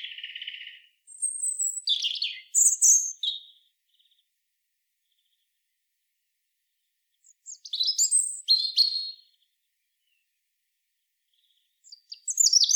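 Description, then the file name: European robin song: the tail of one phrase, then two bursts of high, sweet whistles and fast jumbled trills separated by a silent pause of several seconds, and another phrase starting at the end. "Erithacus rubecula"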